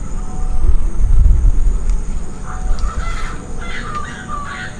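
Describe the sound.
Bird calls, a few short notes in the second half, over a heavy low rumble of background noise.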